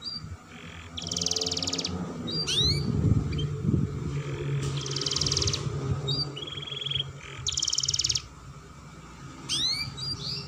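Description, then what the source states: Atlantic canary trilling in short rolls with sharp upward-swept notes, partly masked by loud low rumbling noise in the middle. Canary singing vigorously (Indonesian 'gacor' style) with a long rolling trill, called 'dor roll panjang'.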